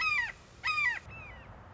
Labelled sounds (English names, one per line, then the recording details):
Red-shouldered Hawk
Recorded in Sonoma County, California